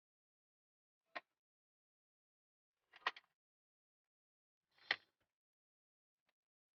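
Plastic white and chrome trim on a Toyota Rush body panel is pried off. Its retaining clips pop out and release with sharp clicks at 1.2, 3.1 and 4.9 seconds. Quiet silence fills the gaps between them.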